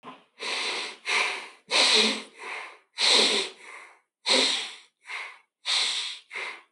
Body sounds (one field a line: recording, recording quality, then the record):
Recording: shallow breathing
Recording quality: excellent, no background noise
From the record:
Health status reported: healthy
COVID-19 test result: negative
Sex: male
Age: 47 years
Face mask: not worn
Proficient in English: yes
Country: India